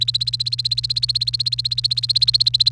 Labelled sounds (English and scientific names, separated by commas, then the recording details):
Domestic Canary (Serinus canaria) song
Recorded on 28 April 2018 at 10:21
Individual llb3